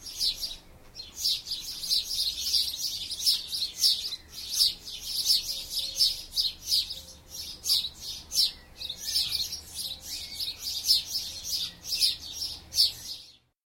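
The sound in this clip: Sparrows chirping in a busy, overlapping chorus of bright, scratchy notes, rising and falling in bursts.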